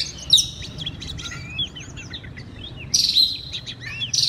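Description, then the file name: Oriental magpie-robin giving busy, twittering song of quick slurred notes, with a bright loud burst toward the end. Loud song in the ngeplong style. "suara kacer ngeplong keras"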